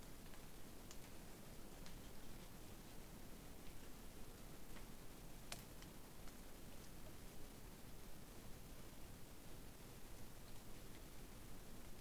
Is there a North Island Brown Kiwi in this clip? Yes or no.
no